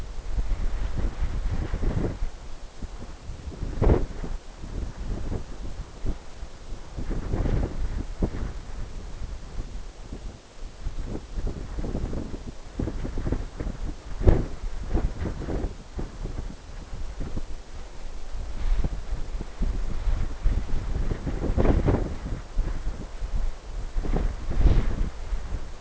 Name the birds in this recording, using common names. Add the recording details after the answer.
none. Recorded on Arctic tundra, site NAIT-1, on 21 June 2018. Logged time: 17:00